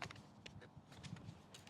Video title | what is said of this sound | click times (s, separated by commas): ASG Modify Steyr Scout - Max Range - AATV EP191 | and clicks into place and | 0.5 s